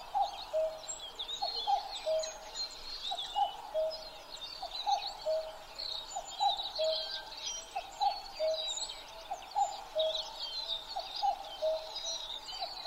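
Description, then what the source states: Common cuckoo giving its steady cu-coo, a higher note dropping to a lower one, repeated about every second and a half, with many other birds chirping and trilling above. Recorded 12 June 2011 at 03:53.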